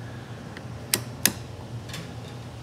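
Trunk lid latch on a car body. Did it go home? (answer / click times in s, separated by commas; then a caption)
yes / 0.9 s, 1.3 s. The fiberglass trunk lid on a Zimmer Golden Spirit car body is shut so its latch catches. A faint tick at 0.6 s is followed by two sharp, loud snaps at 0.9 s and 1.3 s over a steady low hum. The latch closes and catches.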